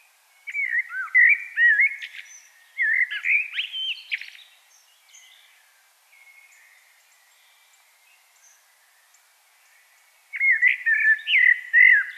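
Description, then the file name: Common blackbird giving mellow whistled, warbling song phrases with scratchy high endings, separated by a long quiet gap. "Turdus merula"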